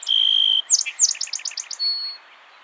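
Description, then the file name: Song sparrow song opening with a long steady whistle, followed by a rapid series of bright repeated notes and ending on a thin, level whistled tone. "Melospiza melodia - Song Sparrow"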